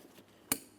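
An electrical connector is lined up and pressed onto the plastic socket of the low beam headlight bulb on a 2008-2016 Chrysler Town & Country. After quiet low background noise, one sharp, bright click sounds at 0.5 s and quickly fades. The connector is seated and secured, with its locking ears then checked.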